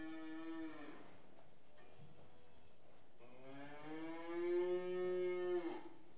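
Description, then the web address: Cattle mooing: a short low moo at the start, then after a pause a long, loud, steady moo. Restless cattle indoors in a shed. "BBC Sound Effects Library. Cattle Restless In Shed"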